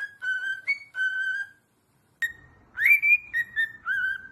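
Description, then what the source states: Cockatiel whistled song: level whistled notes, a brief pause, then a rising, wavering whistle followed by several shorter tuneful notes. Several cockatiels whistling and singing.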